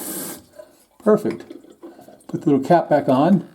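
A small plastic cap is handled at the top of a toilet fill valve, ready to be pressed back on, while someone talks. A short broadband hiss opens the clip, and faint brief handling sounds occur at about 1.8 and 2.2 seconds. Nothing has snapped on or seated yet.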